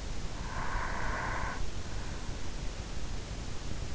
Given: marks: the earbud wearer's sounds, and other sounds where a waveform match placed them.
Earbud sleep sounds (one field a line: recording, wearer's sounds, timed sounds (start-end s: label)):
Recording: sounds in sleep by an in-ear microphone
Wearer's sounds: breath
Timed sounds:
0.17-2.06 s: breath